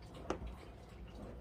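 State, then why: Seated. A resin diamond painting drill is pressed with a wax-tipped pen into its spot on an adhesive canvas, giving one sharp, small click at 0.3 s over a low background hum. The drill seats in place.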